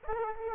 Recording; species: mosquito wingbeat signal from an infrared sensor; Aedes aegypti